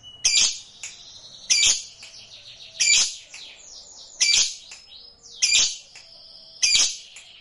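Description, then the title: Lovebird chatter, harsh high bursts about every second mixed with fast descending squeaky twitters. Recording meant to spur a reluctant lovebird into spontaneous, eager, sustained singing. "LOVEBIRD Malas Bunyi JADI GREGET SPONTAN Langsung NARIK"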